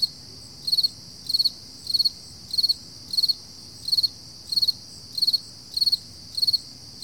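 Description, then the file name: Crickets chirping, short pulsed chirps repeated roughly every 0.6 seconds, many in all, over a steady high-pitched insect drone. Early morning at 4 AM, summer, July 2012. "freesound Early Morning Summer Crickets 4 AMJuly 2012"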